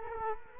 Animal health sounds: mosquito wingbeat signal from an infrared sensor; Culex quinquefasciatus

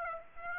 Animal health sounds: mosquito wingbeat signal from an infrared sensor; Aedes aegypti

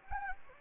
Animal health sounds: mosquito wingbeat signal from an infrared sensor; Anopheles gambiae

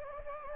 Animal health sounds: mosquito wingbeat signal from an infrared sensor; Anopheles gambiae

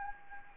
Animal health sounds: mosquito wingbeat signal from an infrared sensor; Anopheles gambiae

